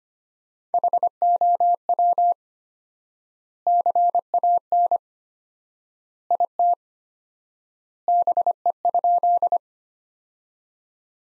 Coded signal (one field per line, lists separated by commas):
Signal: Morse code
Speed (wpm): 25 wpm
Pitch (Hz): 700 Hz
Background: none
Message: HOW CAN IT BE?